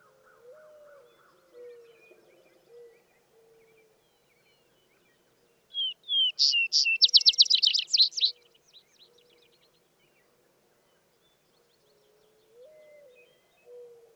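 Vesper sparrow delivers one song midway: whistles leading into a fast buzzy trill, with soft low whistles before and after.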